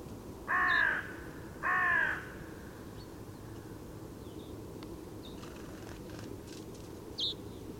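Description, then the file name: Carrion crow giving two harsh, hoarse caws about a second apart, followed by quiet background with faint bird notes. "Corvus corone"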